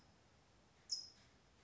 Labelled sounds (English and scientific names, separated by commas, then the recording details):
California Towhee (Melozone crissalis)
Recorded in Sonoma County, California